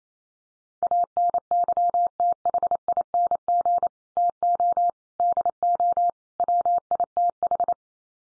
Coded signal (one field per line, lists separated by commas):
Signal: Morse code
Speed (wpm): 28 wpm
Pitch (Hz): 700 Hz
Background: none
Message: ANYTHING TO DO WITH